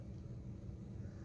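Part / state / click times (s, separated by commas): integrated circuit chip into DIP socket on a circuit board / not seated / none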